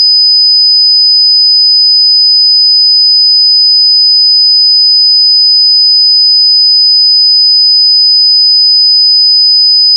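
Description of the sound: Steady, unbroken high-pitched tone near 5000 Hz, a test tone used to determine tinnitus by matching its pitch.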